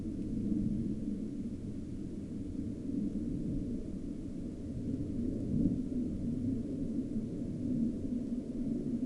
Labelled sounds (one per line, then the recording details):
aircraft
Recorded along the Dalton Highway, Alaska, on 22 August 2019 at 16:02
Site 05